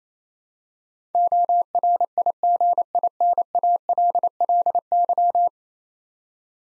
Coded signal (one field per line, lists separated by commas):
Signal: Morse code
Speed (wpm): 27 wpm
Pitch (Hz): 700 Hz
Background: none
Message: ORIGINALLY